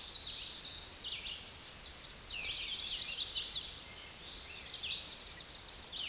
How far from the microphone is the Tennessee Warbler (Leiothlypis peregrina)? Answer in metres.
about 30 m